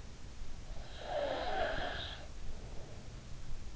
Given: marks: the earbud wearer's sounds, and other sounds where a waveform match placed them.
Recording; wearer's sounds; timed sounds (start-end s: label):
sounds in sleep by an in-ear microphone; snoring breath
0.49-3.15 s: snoring breath